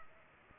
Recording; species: mosquito wingbeat signal from an infrared sensor; Culex pipiens